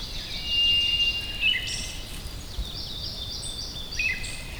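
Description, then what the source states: White's thrush song: a sustained level whistle near the start, followed by a lively mix of other birds' warbling and chirping. Recorded at Wuying, Heilongjiang, China.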